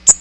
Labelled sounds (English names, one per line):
Magnolia Warbler flight call